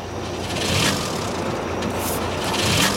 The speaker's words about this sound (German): Motor springt nicht an. Weil ich die Zündkerze habe. Der Motor startet nicht.